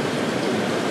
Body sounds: background sound without coughing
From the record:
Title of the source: Office Sounds Ambience - Background Noise for Study and Work

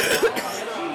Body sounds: coughing mixed with background sound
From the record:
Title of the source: 30 Chesty and wet cough

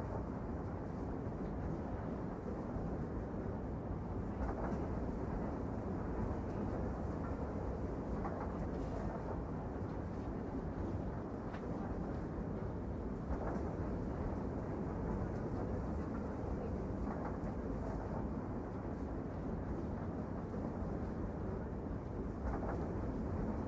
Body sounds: background sound without coughing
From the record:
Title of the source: Train Ride Ambience ambient white noise for sleeping, focus, studying, reading

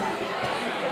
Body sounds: coughing mixed with background sound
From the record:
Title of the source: Mid-morning Winter Coughing Fit

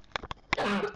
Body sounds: coughing mixed with background sound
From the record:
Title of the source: Barking cough - # 10

